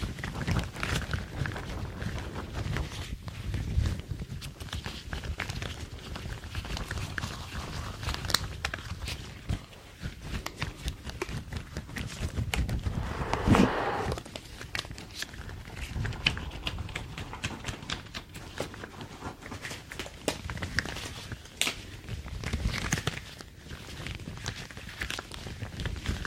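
Gloves being handled, latex and cleaning gloves rubbed and squeezed in a steady stream of dense crinkling, snapping and squeaking. Sharp clicks and taps come irregularly throughout, with a brief louder squeak burst around the middle.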